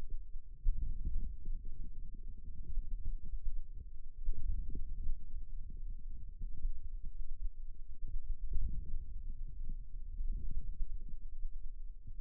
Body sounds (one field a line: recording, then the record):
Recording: forearm muscle sounds (acoustic myography)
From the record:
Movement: wrist extension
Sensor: system 2, bracelet of six BSWA MPA416 microphones around the upper forearm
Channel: 4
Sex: male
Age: 22 years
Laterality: right